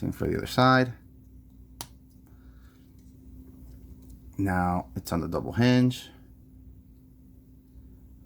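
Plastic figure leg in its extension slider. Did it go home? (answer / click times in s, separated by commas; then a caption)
yes / 1.8 s. The second leg of a plastic transforming robot figure is pulled out along its extension slider, the same way as the first leg, and snaps into place with a sharp click at 1.8 s. Someone talks before and after the click, and a few faint ticks follow in the quiet stretch. The leg ends up seated.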